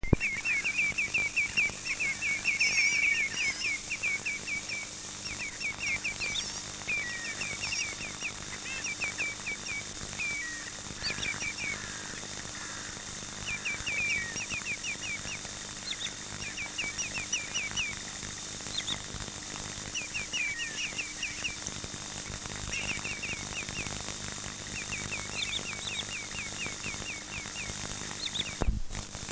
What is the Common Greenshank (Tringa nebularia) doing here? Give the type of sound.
call